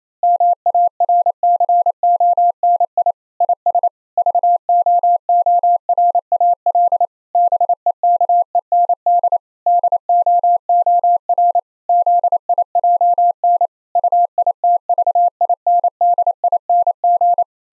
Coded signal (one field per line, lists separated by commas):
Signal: Morse code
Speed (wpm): 27 wpm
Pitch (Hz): 690 Hz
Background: none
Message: MARCONI IS VOORAL BEKEND DOOR ZIJN UITVINDING